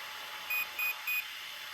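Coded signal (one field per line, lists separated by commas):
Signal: beep code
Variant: RC car ESC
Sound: three short, evenly spaced high-pitched beeps over steady hiss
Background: background hiss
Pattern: 3 short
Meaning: Setting value 3 selected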